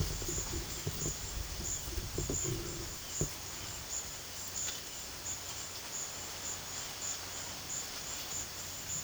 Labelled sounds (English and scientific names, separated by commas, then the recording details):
none
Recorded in pastures near Puerto Asís, Putumayo, Colombia, on 24 March 2025 at 14:30
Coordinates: 0.487, -76.322
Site G077